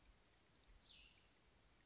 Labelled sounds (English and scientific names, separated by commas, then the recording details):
Cassin's Vireo (Vireo cassinii)
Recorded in Sonoma County, California